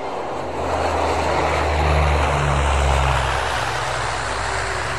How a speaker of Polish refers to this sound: I nagle z ciemnej przestrzeni między snującymi się płatami mgły wypryskują dwa słupy reflektorów, a w ślad za nimi, jakby pędząc po tych świetlistych torach, rozrasta się z wielką prędkością ogromny kształt nadlatującego samolotu.